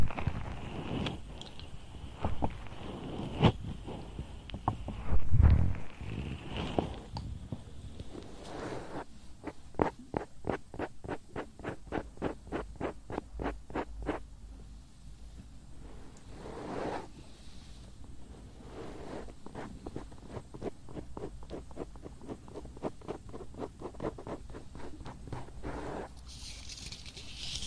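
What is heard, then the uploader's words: Ear massage sounds: rubbing and brushing against the microphone, with dense bursts of fast, regular rustling strokes from about nine seconds onward. Early on there are heavier thumps and scraping, and a brighter hiss swells near the end. TimASMR - The Most Stimulating Ear Massage Trigger.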